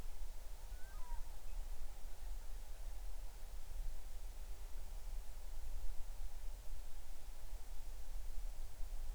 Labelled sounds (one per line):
bird